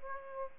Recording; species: mosquito wingbeat signal from an infrared sensor; Aedes aegypti